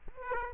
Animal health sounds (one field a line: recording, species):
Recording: mosquito wingbeat signal from an infrared sensor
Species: Aedes aegypti